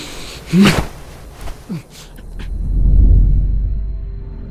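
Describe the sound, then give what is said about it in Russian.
A few brief knocks and breathy sounds give way to a motor launch's low, steady engine rumble, which swells loudly and then holds as the boat moves across the water in fog. “Есть ведь твой катер.”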